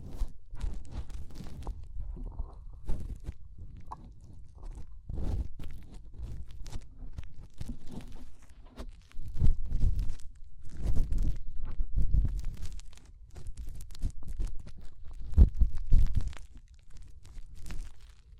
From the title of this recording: Inner Ear Cleaning Using Fingers